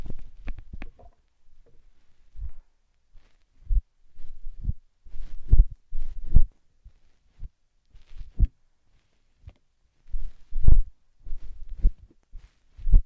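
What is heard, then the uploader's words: Slime and sand being squished and pressed, heard as soft, irregular low thumps and squelches spaced through the clip with short silences between. Some presses are louder, with crisp, brighter crackles around five to six seconds and near eleven. ASMR Satisfying Slime Sand Triggers for Sleep (No Talking).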